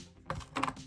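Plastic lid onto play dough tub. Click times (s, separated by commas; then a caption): 0.3 s. After the black Play-Doh is put away, a plastic lid is pressed onto the Play-Doh tub and snaps shut with a sharp click at 0.3 s, seating the lid. A second cluster of quick plastic taps and clicks follows around 0.6 to 0.7 s.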